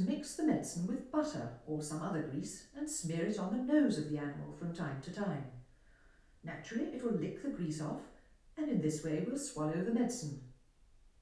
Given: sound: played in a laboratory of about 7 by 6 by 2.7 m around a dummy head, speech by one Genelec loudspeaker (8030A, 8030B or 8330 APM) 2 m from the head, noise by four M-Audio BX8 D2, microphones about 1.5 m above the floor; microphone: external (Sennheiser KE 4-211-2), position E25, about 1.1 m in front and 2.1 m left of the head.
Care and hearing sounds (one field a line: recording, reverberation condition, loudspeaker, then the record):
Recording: female speech in English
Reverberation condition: medium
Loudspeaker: 150 degrees to the left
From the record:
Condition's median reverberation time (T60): about 510 ms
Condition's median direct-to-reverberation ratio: about -0.5 dB